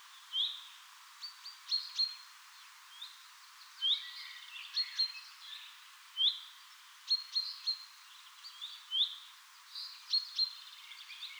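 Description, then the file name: Common chaffinch calls: short hooked notes and brief flat whistled tones, repeated irregularly, over a faint steady hiss. "Fringilla coelebs"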